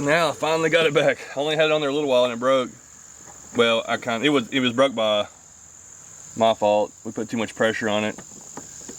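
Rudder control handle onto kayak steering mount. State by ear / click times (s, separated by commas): not seated / none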